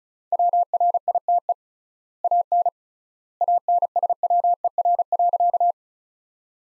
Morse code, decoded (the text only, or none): WRITE AN ANSWER.